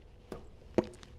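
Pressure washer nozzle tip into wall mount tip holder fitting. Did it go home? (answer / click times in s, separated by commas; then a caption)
yes / 0.8 s. A pressure washer nozzle tip is pressed into a fitting on a wall-mount tip holder and snaps in, giving a satisfying little click. A faint tap at 0.3 s comes first, then the sharp, bright click at 0.8 s, the loudest sound in the clip, followed by a few faint ticks. The tip is seated in the holder.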